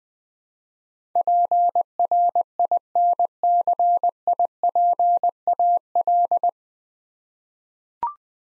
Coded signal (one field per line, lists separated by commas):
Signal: Morse code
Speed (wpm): 20 wpm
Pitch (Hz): 700 Hz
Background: none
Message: PRINCIPAL